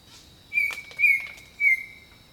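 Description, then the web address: Bird song with three clear whistled notes about half a second apart, over a constant high insect hum. Jungle birdsong. "Echoes of Nature - Jungle Talk Jungle Birdsong"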